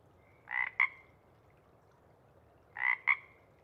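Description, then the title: Pacific chorus frog giving two clear two-note rib-bit calls, a raspy first note then a sharper second, spaced about two seconds apart in a quiet background. Sparse chorus before dawn as twilight begins; a few males keep calling to attract mates while most have gone back to burrow. "Chorus Frogs, Sparse, pre-Dawn"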